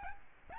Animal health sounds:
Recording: mosquito wingbeat signal from an infrared sensor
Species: Aedes albopictus

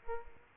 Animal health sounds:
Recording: mosquito wingbeat signal from an infrared sensor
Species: Aedes aegypti

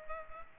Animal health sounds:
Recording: mosquito wingbeat signal from an infrared sensor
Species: Culex pipiens

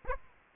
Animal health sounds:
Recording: mosquito wingbeat signal from an infrared sensor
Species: Aedes aegypti

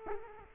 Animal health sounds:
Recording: mosquito wingbeat signal from an infrared sensor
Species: Culex quinquefasciatus

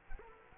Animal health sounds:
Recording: mosquito wingbeat signal from an infrared sensor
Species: Culex quinquefasciatus

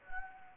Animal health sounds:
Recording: mosquito wingbeat signal from an infrared sensor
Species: Anopheles gambiae

